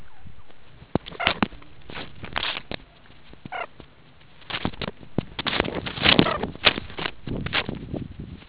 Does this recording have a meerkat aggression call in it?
no